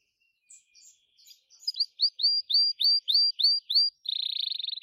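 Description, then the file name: Gloster canary song: a few soft notes, then a run of bright rising whistled notes repeated about three times a second, ending in a fast buzzy trill. "canto do canario gloster"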